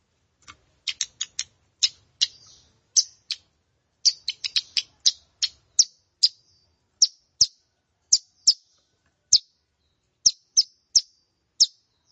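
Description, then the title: Plain prinia song: clusters of high, clipped chirps that thin out into single notes every half second or more. "Ciblek Sawah"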